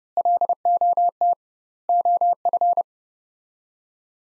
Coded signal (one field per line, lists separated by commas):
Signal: Morse code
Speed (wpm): 31 wpm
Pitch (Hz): 700 Hz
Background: none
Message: LOT OF